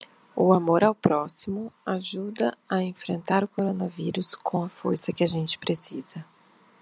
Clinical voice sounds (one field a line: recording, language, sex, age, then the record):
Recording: spoken sentence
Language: Brazilian Portuguese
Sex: female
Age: 20 to 29 years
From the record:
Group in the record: control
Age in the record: 27 years